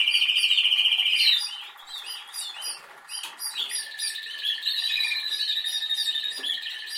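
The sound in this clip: Canary song: a loud, fast, even trill for about a second, softer scratchy twitters, then a long sustained rolling trill to the close.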